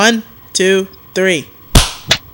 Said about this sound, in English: We haven't clapped yet. Do you want to try clapping? I'm going to try this whole clapping thing. Okay.